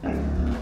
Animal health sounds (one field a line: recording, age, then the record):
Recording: pig call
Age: growing-finishing pig (85 days or more)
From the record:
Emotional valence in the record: negative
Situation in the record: barren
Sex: female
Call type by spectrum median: low-frequency call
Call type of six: low-frequency stable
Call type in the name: low-frequency stable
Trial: 3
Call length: 0.62 s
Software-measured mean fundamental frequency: 63 Hz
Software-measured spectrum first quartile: 75 Hz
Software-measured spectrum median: 181 Hz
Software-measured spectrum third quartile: 378 Hz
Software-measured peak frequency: 247 Hz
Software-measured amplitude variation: 129 dB a second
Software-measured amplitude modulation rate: 25.9 a second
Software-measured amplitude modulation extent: 5.0 dB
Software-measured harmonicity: -3.2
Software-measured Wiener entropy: -0.68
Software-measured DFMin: 796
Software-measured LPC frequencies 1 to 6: 1550, 2590, 3616, 4429, 5153, 5826 Hz